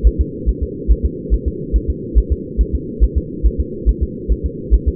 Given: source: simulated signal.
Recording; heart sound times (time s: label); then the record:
fetal heart sounds
0.07 s: S1
0.21 s: S2
0.49 s: S1
0.63 s: S2
0.91 s: S1
1.05 s: S2
1.34 s: S1
1.48 s: S2
1.76 s: S1
1.90 s: S2
2.18 s: S1
2.32 s: S2
2.61 s: S1
2.75 s: S2
3.04 s: S1
3.18 s: S2
3.46 s: S1
3.60 s: S2
3.89 s: S1
4.03 s: S2
4.32 s: S1
4.46 s: S2
4.74 s: S1
4.88 s: S2
From the record:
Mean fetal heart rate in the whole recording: 140 bpm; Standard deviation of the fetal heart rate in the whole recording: 2 bpm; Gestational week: 34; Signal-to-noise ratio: -4.1 dB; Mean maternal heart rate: no maternal heart sound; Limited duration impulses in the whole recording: absent